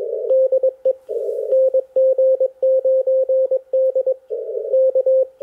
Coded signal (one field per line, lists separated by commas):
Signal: Morse code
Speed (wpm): 21 wpm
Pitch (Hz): 520 Hz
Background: radio noise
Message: DE NG9D K